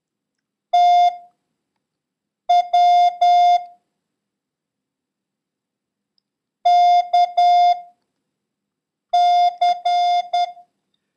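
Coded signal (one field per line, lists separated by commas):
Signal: Morse code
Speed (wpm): 10 wpm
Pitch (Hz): 710 Hz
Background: none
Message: T W K C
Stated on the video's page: Morse code lesson covering letters Y, J, L and the number 4, with a random run drill.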